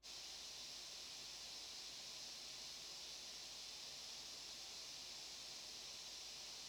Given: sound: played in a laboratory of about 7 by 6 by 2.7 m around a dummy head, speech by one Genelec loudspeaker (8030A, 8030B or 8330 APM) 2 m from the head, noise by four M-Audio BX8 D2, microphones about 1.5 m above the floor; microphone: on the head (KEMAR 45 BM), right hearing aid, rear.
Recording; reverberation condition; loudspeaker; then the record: white noise; low; four, about 170 cm from the corners of the room and facing them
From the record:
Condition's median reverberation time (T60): about 310 ms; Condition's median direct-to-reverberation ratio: about 3.5 dB